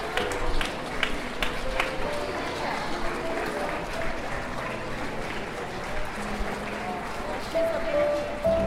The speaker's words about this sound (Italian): Il silenzio della prima zona rossa d'Italia è rotto dagli applausi degli abitanti di Codogno, che si incontrano di nuovo nelle strade addobbate col tricolore per accogliere il capo dello Stato.